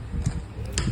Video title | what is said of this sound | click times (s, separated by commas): Tugas Besar Arsitektur dan Organisasi | Dan sudah kalau sudah terkunci kita sambungkan. power supply-nya ke dalam CPU-nya | 0.8 s